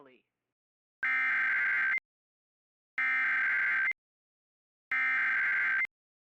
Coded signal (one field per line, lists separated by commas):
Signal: Emergency Alert System (SAME) tones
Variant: header bursts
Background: speech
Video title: High Wind Watch No EAS